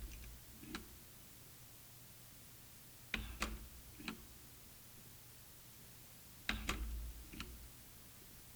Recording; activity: daily activity, guitar pickup as the sensor; manipulate door